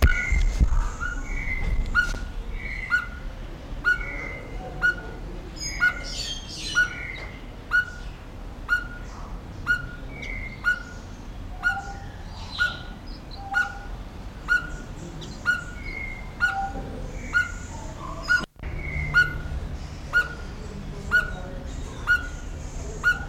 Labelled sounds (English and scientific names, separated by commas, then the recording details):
Speckled Tinkerbird (Pogoniulus scolopaceus) call
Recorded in captivity
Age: adult
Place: Zoo Berlin, Berlin, DE
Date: 1994-06-25 11:19
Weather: sonnig, 18-25°C, Wind
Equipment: Marantz CP 430, Sennheiser ME 80, Kopie Uher Variocord 263
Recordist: Tembrock, Günter